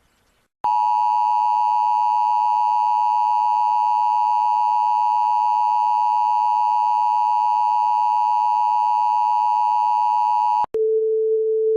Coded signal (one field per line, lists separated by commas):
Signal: Emergency Alert System (SAME) tones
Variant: 853 and 960 Hz attention tone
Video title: Nuclear bomb eas prank free to use